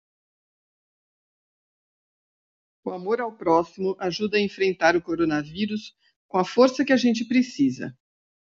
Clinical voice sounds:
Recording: spoken sentence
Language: Brazilian Portuguese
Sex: female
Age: 60 to 69 years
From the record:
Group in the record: control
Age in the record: 64 years

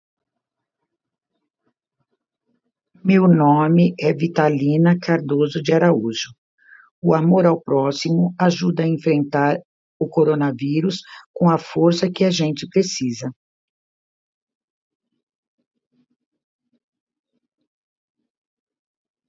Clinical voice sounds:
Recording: spoken sentence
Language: Brazilian Portuguese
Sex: female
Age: 60 to 69 years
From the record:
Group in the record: control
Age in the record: 68 years

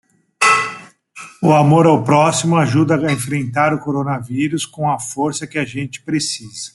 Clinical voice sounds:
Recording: spoken sentence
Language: Brazilian Portuguese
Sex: male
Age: 50 to 59 years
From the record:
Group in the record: control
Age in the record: 51 years

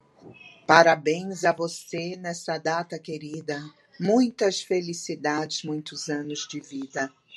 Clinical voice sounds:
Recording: short text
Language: Brazilian Portuguese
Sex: female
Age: 40 to 49 years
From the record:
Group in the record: control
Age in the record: 48 years

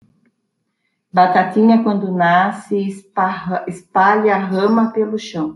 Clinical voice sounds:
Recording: short text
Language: Brazilian Portuguese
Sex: female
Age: 20 to 29 years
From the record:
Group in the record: control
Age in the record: 20 years

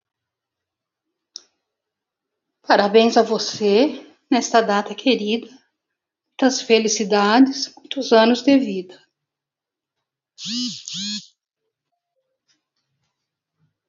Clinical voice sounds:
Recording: short text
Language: Brazilian Portuguese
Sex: female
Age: 60 to 69 years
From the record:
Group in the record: control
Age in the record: 62 years

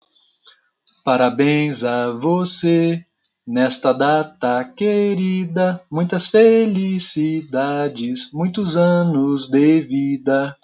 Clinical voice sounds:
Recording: short text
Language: Brazilian Portuguese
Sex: male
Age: 30 to 39 years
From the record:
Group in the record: control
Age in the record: 35 years

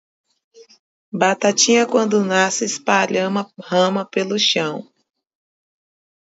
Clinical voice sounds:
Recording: short text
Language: Brazilian Portuguese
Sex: female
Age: 30 to 39 years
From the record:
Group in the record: control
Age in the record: 31 years

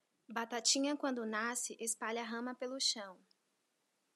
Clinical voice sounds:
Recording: short text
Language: Brazilian Portuguese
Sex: female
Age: 30 to 39 years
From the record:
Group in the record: control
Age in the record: 31 years

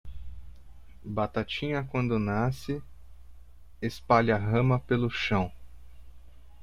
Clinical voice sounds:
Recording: short text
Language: Brazilian Portuguese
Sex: male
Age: 30 to 39 years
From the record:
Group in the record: control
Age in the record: 31 years

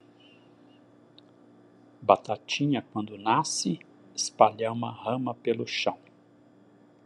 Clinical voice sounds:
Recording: short text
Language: Brazilian Portuguese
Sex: male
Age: 60 to 69 years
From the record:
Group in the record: control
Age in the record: 64 years

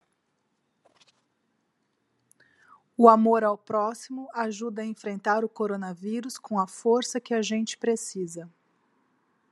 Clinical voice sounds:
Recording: spoken sentence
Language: Brazilian Portuguese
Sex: female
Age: 40 to 49 years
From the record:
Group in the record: control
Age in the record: 42 years

